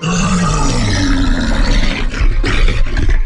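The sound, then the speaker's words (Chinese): A loud, continuous roar from a huge one-eyed, spiked, ogre-like beast in World of Warcraft, deep and rumbling with a gravelly, sliding low growl, sustained for a few seconds with rough bursts toward the end; the force of the roar shatters the surrounding rocks. “巨兽咆哮了一声，声音的冲击力让周围的石头都炸裂开来”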